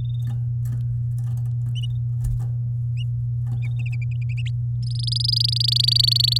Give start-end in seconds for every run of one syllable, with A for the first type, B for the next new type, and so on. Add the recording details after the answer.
4.83-6.38 A. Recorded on 10 May 2018 at 12:01. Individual llb16